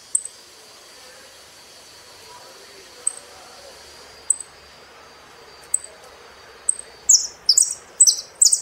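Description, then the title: Saffron finch sharp high chip notes at irregular intervals, then a quickening run of buzzy, high descending song notes near the end. "Jilguero Argentino"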